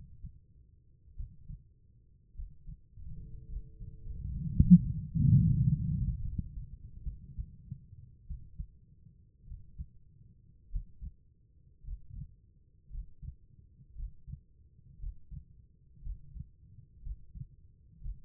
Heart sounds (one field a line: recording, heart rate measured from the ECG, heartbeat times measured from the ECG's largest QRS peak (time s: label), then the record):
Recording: heart sounds by stethoscope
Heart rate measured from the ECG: 57 bpm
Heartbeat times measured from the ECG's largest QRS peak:
1.15 s: heartbeat
2.34 s: heartbeat
3.47 s: heartbeat
4.51 s: heartbeat
5.43 s: heartbeat
6.21 s: heartbeat
7.03 s: heartbeat
8.26 s: heartbeat
9.46 s: heartbeat
10.69 s: heartbeat
11.83 s: heartbeat
12.90 s: heartbeat
13.95 s: heartbeat
14.98 s: heartbeat
16.01 s: heartbeat
17.01 s: heartbeat
18.00 s: heartbeat
From the record:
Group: healthy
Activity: rest 0-5 s, Valsalva maneuver 5-18 s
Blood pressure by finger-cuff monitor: 101/63 mmHg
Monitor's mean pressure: 71 mmHg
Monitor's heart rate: 52 bpm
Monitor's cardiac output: 4.2 L/min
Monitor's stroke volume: 81 mL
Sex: female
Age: 36 years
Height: 163 cm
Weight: 88 kg